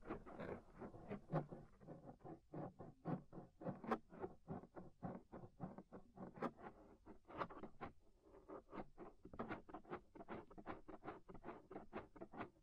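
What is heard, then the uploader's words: Rapid, regular scraping strokes inside the ear, each a short crackly rasp repeating about three times a second, with a brief pause near eight seconds. Inner and Outer Ear Scraping (No Talking).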